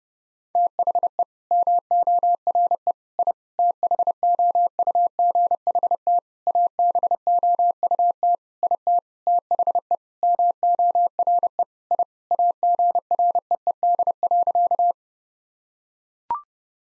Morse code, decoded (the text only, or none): THE MORE I THOUGHT ABOUT IT THE MORE I AGREED.